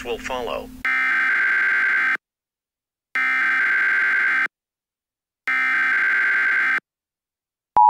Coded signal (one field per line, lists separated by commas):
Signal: Emergency Alert System (SAME) tones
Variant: header bursts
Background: speech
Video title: EAS Scenario: Ruined Vacation